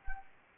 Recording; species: mosquito wingbeat signal from an infrared sensor; Anopheles gambiae